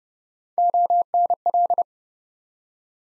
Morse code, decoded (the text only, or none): ONL